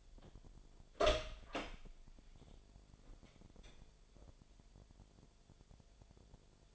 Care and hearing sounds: daily activity, microphone in the room; open door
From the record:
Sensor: 5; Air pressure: 1007.6 hPa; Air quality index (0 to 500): 153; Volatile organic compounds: 3 ppm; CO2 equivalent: 1471 ppm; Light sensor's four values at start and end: 57/162/63/63 and 57/161/62/62

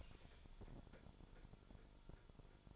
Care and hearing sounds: daily activity, microphone in the room; open fridge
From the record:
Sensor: 5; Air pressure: 1007.9 hPa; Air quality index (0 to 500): 100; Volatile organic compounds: 1 ppm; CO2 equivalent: 784 ppm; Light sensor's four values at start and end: 40/92/38/40 and 41/94/39/41

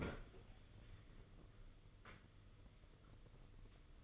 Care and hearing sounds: daily activity, microphone in the room; open fridge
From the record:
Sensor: 4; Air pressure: 995.3 hPa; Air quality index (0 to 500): 211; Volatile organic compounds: 227 ppm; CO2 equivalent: 4298 ppm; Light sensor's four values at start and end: 35/110/42/46 and 34/107/40/45

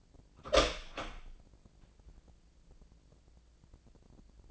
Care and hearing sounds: daily activity, microphone in the room; open door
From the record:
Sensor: 5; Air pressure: 1012.4 hPa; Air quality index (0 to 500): 159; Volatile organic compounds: 2 ppm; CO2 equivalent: 1085 ppm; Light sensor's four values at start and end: 220/536/224/244 and 231/562/235/257

